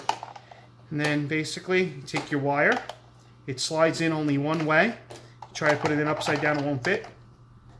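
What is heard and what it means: A wire connector that only fits one way is handled at the socket inside a Sega Saturn 3D controller while someone talks. It is tried upside down and doesn't fit. A few faint taps are heard near the start, and nothing has seated or clicked yet.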